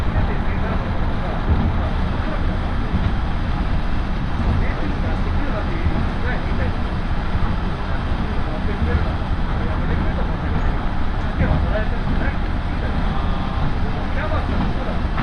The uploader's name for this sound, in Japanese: 樽見鉄道 モレラ岐阜→樽見